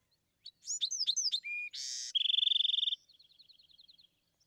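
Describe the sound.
Bewick's wren singing a full phrase: quick downslurred whistles, a low steady note, a rough buzz, a ringing trill, then a fainter trill.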